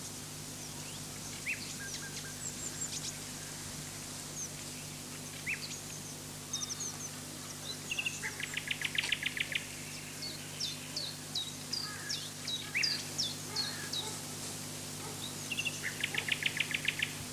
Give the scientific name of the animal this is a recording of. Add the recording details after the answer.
Luscinia megarhynchos. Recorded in the wild. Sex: male. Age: adult. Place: Lübars (Fließtal), Berlin, DE. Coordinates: 52.6167, 13.35. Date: 2006-05-01 13:55. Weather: cloudy, 16°C. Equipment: Grundig CR 110, Sennheiser ME 80, Kopie Uher 4000 Report Monitor. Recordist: Tembrock, Günter